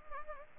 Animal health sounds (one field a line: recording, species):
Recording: mosquito wingbeat signal from an infrared sensor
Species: Anopheles arabiensis